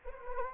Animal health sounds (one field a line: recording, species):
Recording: mosquito wingbeat signal from an infrared sensor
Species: Anopheles arabiensis